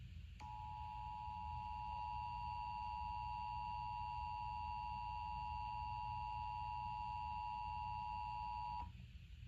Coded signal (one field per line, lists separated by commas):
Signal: Emergency Alert System (SAME) tones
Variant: 853 and 960 Hz attention tone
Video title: A BDN EAS Scenario | The MD20 Glitch Part III: Riots Arise